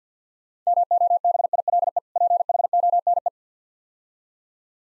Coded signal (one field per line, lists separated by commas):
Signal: Morse code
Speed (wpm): 50 wpm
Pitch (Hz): 700 Hz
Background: none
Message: MOBILE PHONE